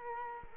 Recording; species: mosquito wingbeat signal from an infrared sensor; Culex quinquefasciatus